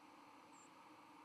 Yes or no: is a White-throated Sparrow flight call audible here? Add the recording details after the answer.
yes. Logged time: 06:25 on 31 October 2014